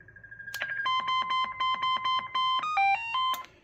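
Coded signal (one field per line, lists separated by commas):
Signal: roger beep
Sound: steady tone, a click, then a rapid string of buzzy beeps ending in a short rising-falling melody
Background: radio hum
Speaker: Et quand tu pinces dessus micro,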